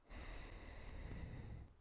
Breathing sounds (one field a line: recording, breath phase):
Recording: one breath near a microphone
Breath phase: exhalation